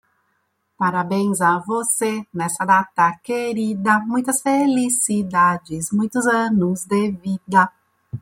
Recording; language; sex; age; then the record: short text; Brazilian Portuguese; female; 50 to 59 years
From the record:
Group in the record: control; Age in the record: 51 years